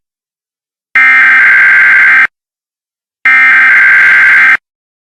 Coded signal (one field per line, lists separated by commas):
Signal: Emergency Alert System (SAME) tones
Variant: header bursts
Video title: The Tornado Of Decades (EAS scenario)